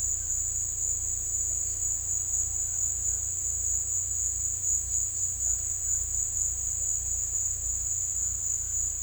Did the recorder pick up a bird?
no